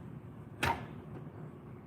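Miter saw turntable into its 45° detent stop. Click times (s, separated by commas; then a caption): 0.6 s. A miter saw turntable is swung over, via its thumb release button, into the 45° detent stop. A single sharp, broadband click is heard at 0.6 s against low background noise. The turntable locks in at 45°.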